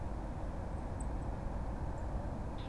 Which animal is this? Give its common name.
Song Thrush